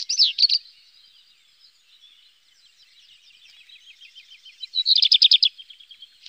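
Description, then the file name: Black redstart song: a quick high jingle, then a long scratchy, crackling section, ending in another bright rattling burst of notes. "zwarte roodstaart black redstart"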